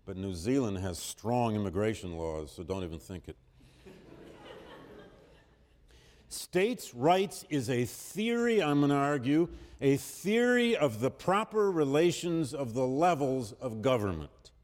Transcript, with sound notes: but New Zealand has strong immigration laws, so don't even think it. [Laughter]
States' rights is a theory, I'm going to argue, a theory of the proper relations of the levels of government,